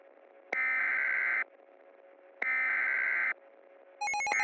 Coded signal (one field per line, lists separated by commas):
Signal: Emergency Alert System (SAME) tones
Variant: header bursts